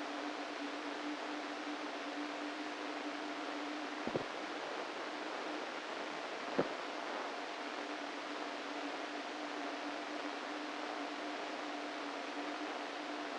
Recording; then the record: brain microelectrode recording played as sound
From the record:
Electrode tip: inside the subthalamic nucleus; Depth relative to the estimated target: 1 mm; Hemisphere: right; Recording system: NeuroSet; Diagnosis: Parkinson's disease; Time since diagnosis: 13 years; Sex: male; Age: 49 years